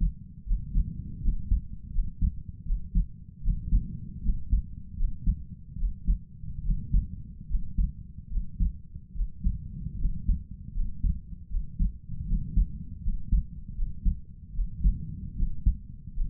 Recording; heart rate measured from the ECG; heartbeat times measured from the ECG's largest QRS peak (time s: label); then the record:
heart sounds by stethoscope; 77 bpm
0.44 s: heartbeat
1.20 s: heartbeat
1.90 s: heartbeat
2.63 s: heartbeat
3.40 s: heartbeat
4.21 s: heartbeat
4.95 s: heartbeat
5.76 s: heartbeat
6.61 s: heartbeat
7.46 s: heartbeat
8.28 s: heartbeat
9.12 s: heartbeat
9.96 s: heartbeat
10.72 s: heartbeat
11.47 s: heartbeat
12.25 s: heartbeat
13.00 s: heartbeat
13.73 s: heartbeat
14.52 s: heartbeat
15.34 s: heartbeat
16.12 s: heartbeat
From the record:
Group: healthy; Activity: rest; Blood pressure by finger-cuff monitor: 89/60 mmHg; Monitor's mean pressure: 67 mmHg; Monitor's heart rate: 77 bpm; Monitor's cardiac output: 5 L/min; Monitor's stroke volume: 66 mL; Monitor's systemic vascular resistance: 930 dyn s/cm5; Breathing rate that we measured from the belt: 21 breaths a minute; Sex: male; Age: 22 years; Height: 181 cm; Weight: 60 kg